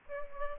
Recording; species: mosquito wingbeat signal from an infrared sensor; Aedes aegypti